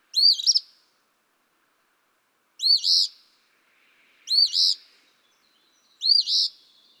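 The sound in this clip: Eastern Phoebe song: four raspy two-part fee-bee phrases, the second note buzzier, spaced about one and a half to two and a half seconds apart, otherwise quiet.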